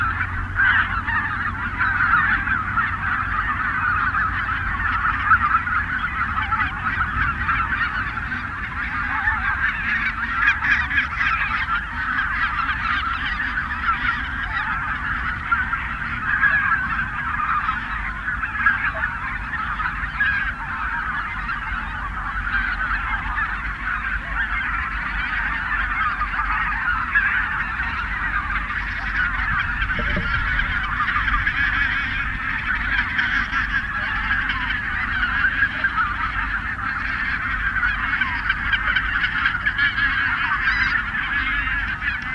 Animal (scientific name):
Anser albifrons